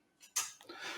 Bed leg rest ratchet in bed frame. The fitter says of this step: there's the third click so if i elevate that up